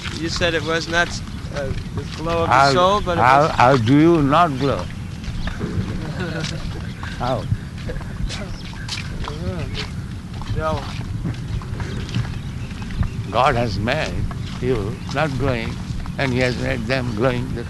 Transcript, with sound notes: You said it was not the glow of the soul, but it was...
How do you not glow? [laughter] How? God has made you not glowing, and He has made them glowing.